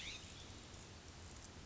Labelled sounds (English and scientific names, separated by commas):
California Scrub-Jay (Aphelocoma californica)